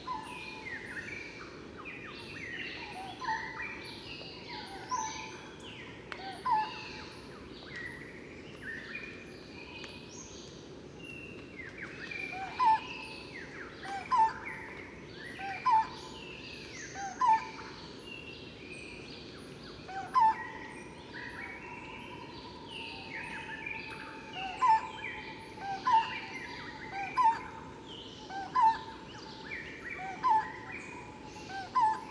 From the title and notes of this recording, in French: Observation sonore - Shama et barbus. Temple d'Angkor - Temple de Bayon - 10h30.